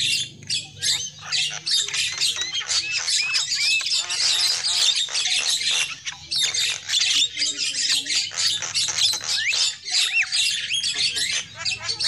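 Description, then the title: Lovebird chatter, continuous shrill squeaks, rasps and occasional rising whistles, densely packed with a low background hum. Lovebird lure call used for bird trapping. "PIKAT BURUNG LOVEBIRD"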